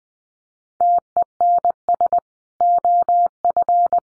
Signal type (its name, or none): Morse code